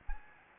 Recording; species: mosquito wingbeat signal from an infrared sensor; Anopheles gambiae